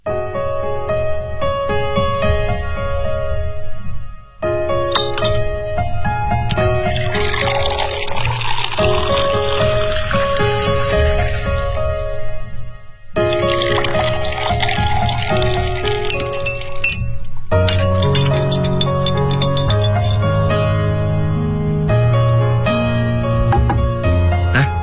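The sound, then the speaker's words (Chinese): A Negroni cocktail of gin, sweet vermouth, Campari, ice and an orange slice is poured into a glass while ice cubes clink and rattle, with bright ringing glassy taps and a steady sloshing stir running through, pausing briefly twice before the clinking resumes. “这是你的鸡尾酒，它是由金酒、甜味美思、金巴利酒、冰块和香橙片调成的，名字叫做尼克罗尼。”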